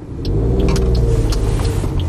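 A car engine revving at a car repair workshop with a loud, steady, deep rumble and low droning harmonics, plus faint higher clicks scattered over it; no one speaks.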